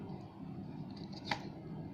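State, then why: Seated. A rechargeable battery is pushed in the marked direction into the battery compartment of a Canon 700D DSLR camera. Faint handling rustle runs under a low steady background, then a sharp click at 1.3 seconds as the latch locks the battery in place.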